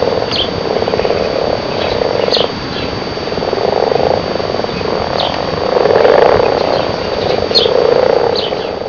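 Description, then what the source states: Frog chorus of rapid pulsed calls swelling and fading in waves, with occasional short higher chirps cutting through. Recorded in February 2002.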